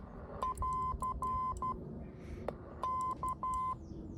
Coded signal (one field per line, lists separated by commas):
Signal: Morse code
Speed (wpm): 12 wpm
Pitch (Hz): 1030 Hz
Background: none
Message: <AR> K